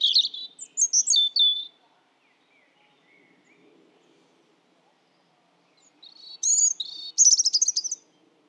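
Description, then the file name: European robin singing a short phrase of high slurred whistles, then after a quiet gap a longer phrase of sharp notes and a fast tinkling trill. "Erithacus rubecula"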